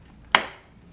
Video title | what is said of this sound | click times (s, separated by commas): How to upgrade the RAM of a desktop PC & choose the right Ram | It should click in place like this. | 0.4 s